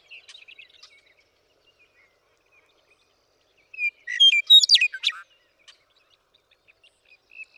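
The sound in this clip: Western meadowlark song: one loud burst of fluty whistles breaking into a rich gurgling jumble midway through, with faint chips and twitters before and after.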